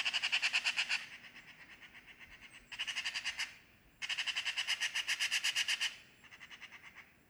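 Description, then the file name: Eurasian magpie chatter: harsh, rapid rattling bursts, each a second or two long, with a few quieter chattering runs between the louder ones. "Pica pica"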